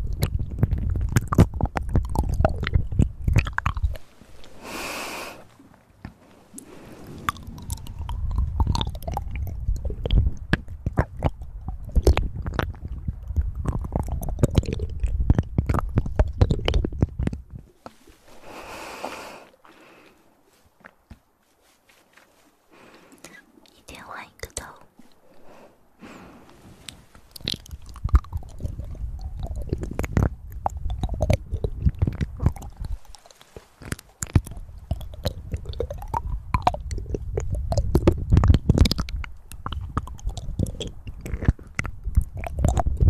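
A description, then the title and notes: Wet mouth sounds and chewing clicks come in dense bursts, with quiet pauses around 18–27 seconds and brief bright hisses near 5 and 19. Mouth Sounds.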